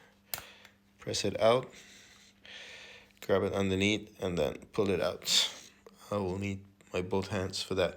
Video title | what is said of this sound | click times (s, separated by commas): Removing Air-intake and getting access to the coils and Camshaft soli. BMW S1000RR K67 | it's the same tab so you press this part as you can hear it click | 0.3 s